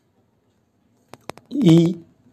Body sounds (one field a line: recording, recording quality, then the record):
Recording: sustained vowel as in beet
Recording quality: excellent, no background noise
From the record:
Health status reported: healthy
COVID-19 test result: not tested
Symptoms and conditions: none ticked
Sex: male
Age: 50 years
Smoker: not ticked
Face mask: not worn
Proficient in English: yes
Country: India